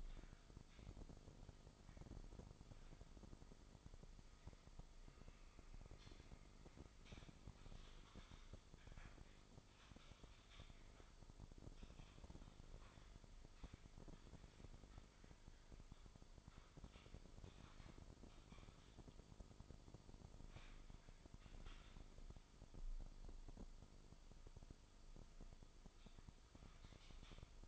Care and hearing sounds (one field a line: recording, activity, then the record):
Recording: daily activity, microphone in the room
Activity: typing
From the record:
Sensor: 5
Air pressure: 995.4 hPa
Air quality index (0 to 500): 87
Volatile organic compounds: 4 ppm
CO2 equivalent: 1614 ppm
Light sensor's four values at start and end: 35/86/35/37 and 36/86/35/37